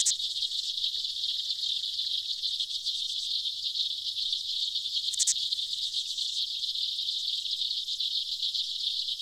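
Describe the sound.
Aquatic insects buzzing steadily at a high pitch, the drone interrupted by a click at the opening and another near the middle.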